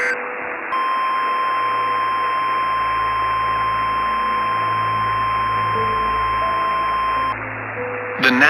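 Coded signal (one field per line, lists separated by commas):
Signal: Emergency Alert System (SAME) tones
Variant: 1050 Hz attention tone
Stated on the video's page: Fictional tornado EAS scenario, remastered.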